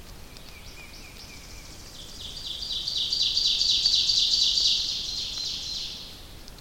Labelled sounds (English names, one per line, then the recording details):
Ovenbird song
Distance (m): 30 m
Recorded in boreal forest in Alberta, Canada, on 29 May 2016 at 05:44
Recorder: SongMeter 3, array SBT-3-49
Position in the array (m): 117 m, 134 m
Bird 15